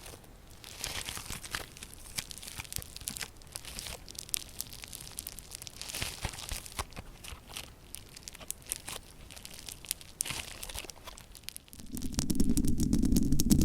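Dense, irregular scratching and crinkling with nails and items, made of quick crackly strokes that come in bursts and swell around the two, six and ten second marks. Near the end, a lower, muffled rubbing sound takes over and grows louder.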